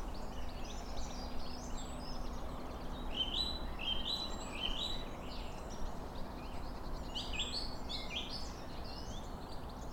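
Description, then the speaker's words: Song thrush singing: bright, varied whistled phrases, some notes repeated in short runs, over steady low background noise. Singing along a canal in early spring, in sunshine under a cloudless blue sky. "Okay, let's have a bit of song thrush serenade."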